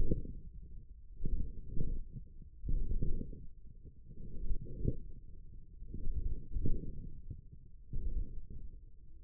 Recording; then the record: forearm muscle sounds (acoustic myography)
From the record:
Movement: radial deviation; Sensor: system 1, eight BSWA MPA416 microphones around the upper forearm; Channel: 7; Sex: male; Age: 28 years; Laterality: right